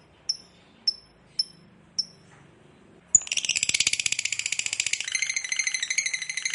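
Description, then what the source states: Lovebird song: four short thin high whistled notes, then a sudden burst of rapid buzzy chattering that continues steadily to the end. Fighter lovebird, gacor (singing energetically).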